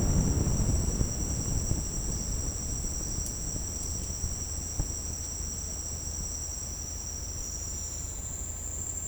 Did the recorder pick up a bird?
no